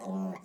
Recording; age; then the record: pig call; piglet (1 to 25 days)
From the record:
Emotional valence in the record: negative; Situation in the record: long isolation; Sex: female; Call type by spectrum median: low-frequency call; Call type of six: mixed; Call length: 0.44 s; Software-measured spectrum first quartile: 191 Hz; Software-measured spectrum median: 293 Hz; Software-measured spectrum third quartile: 706 Hz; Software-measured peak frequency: 194 Hz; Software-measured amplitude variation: 95 dB a second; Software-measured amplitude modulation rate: 18.1 a second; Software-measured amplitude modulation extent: 5.3 dB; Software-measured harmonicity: 5.7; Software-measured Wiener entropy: -0.49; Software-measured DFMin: 1125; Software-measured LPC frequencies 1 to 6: 2098, 3135, 3965, 5077, 6479, 7584 Hz